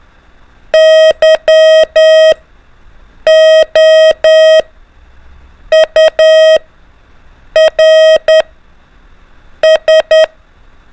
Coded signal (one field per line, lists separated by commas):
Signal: Morse code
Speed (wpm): 10 wpm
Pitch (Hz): 630 Hz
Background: none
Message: YOURS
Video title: A - Z ALPHABET ONLY MORSE CODE PRACTICE MODE | LISTEN AND DECODE 5 MINS IN A DAY